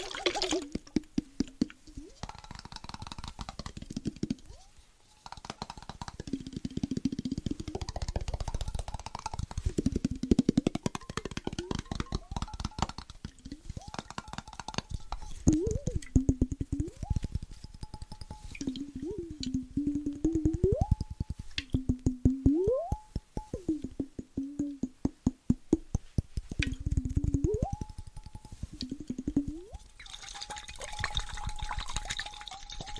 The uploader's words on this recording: ASMR Rhythmic Triggers with Waterbottles (Shaking, Tapping) No Talking.